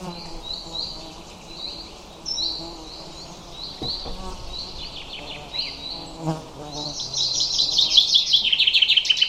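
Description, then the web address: Bird chirping: short high notes repeat steadily, then a louder, rapid twittering burst builds over the final two seconds. "Bird Only"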